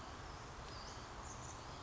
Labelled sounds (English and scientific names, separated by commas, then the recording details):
Western Flycatcher (Empidonax difficilis)
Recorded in Sonoma County, California